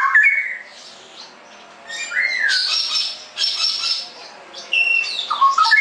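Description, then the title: Straw-headed bulbul song: short whistled slurs and bright chattering notes, broken by brief quiet gaps between bursts. Masteran (song-tutoring) recording for caged birds; the singer is described as ropel gacor, in clear quality. "mster Mnuk. Masteran Burung CUCAK ROWO Kualitas Jernih. Cucak Rowo Ropel Gacor"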